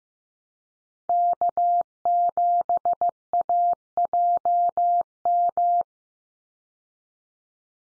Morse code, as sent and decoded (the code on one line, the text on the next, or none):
-.- --... .- .--- --
K7AJM